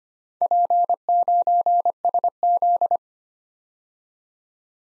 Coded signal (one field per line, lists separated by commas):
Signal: Morse code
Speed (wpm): 25 wpm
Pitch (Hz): 700 Hz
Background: none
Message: P9SZ